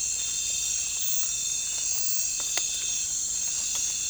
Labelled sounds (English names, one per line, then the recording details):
none
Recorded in pastures near Puerto Asís, Putumayo, Colombia, on 16 December 2024 at 03:30
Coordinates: 0.466, -76.322
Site G040